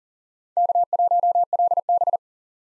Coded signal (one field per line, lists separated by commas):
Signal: Morse code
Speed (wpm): 40 wpm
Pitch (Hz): 700 Hz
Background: none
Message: K1LB